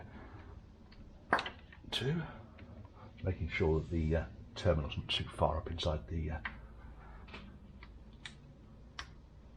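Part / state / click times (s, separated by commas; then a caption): spark plug lead boot onto spark plug / seated / 9.0 s. Someone talks while pushing an HT spark plug lead boot onto a spark plug on a 1971 Range Rover, after checking that the terminal isn't too far up inside the boot. Several small clicks and taps are heard, with a sharp click at 9.0 s as the boot seats onto the plug.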